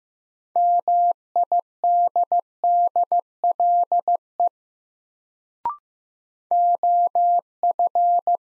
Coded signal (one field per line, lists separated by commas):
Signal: Morse code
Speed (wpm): 15 wpm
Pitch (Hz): 700 Hz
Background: none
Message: MIDDLE OF